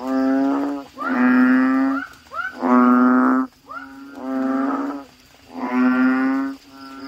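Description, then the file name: Frog calling with drawn-out, droning notes about a second each, with some short rising yelps between them, repeated roughly every one to two seconds. "suara kodok bangkong"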